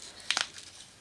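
A clip-on plastic tread insert is gripped at the front and pulled off a Compositi composite riding stirrup. Sharp snaps sound at 0.3 s and 0.4 s as the clip pops open, and the tread is released.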